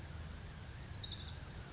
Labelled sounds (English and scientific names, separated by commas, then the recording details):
Orange-crowned Warbler (Leiothlypis celata)
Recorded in Sonoma County, California